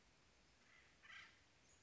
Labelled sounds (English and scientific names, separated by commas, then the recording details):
Acorn Woodpecker (Melanerpes formicivorus)
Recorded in Sonoma County, California